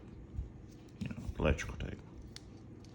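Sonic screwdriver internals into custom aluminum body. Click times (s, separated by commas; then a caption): 2.4 s. The internals of a 13th Doctor toy sonic screwdriver, wrapped in electrical tape, are pushed into a custom aluminum body while someone talks. Light handling taps occur around 0.9–1.1 s, then a sharp, brief click at 2.4 s marks the internals seating in place. The part is then dropped.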